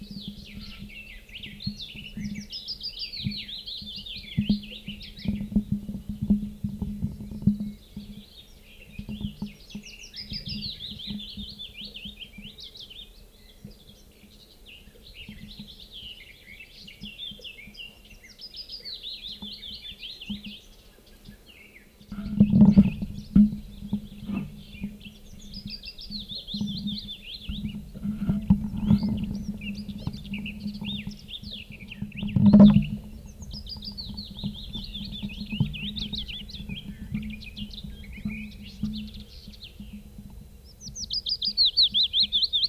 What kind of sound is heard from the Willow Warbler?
song